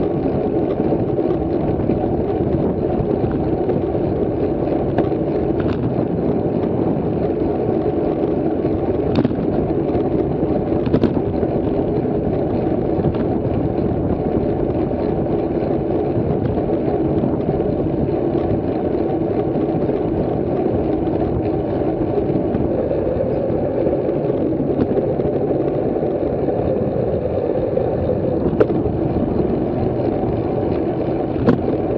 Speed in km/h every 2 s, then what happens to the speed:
35, 36, 37, 37, 37, 37, 37, 36, 36, 35, 34, 33, 32, 32, 33, 35.
0-32 steady at about 35.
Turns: none.